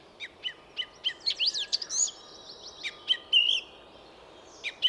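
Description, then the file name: Eurasian blackcap: a run of sharp, evenly spaced notes leading into a quick warble and a clear drawn-out whistle, then more short notes. "Sylvia atricapilla"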